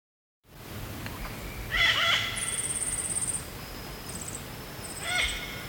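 Yellow-billed parrot making two rough, screechy calls a few seconds apart, with a fast, very high-pitched trill in the background.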